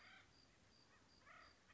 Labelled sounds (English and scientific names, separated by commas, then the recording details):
Acorn Woodpecker (Melanerpes formicivorus)
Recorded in Sonoma County, California